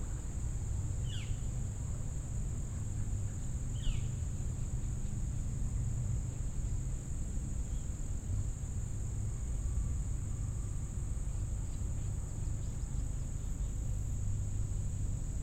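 At a wildlife refuge, a steady high insect drone and low rumble continue throughout, with two brief bird chirps near one and four seconds.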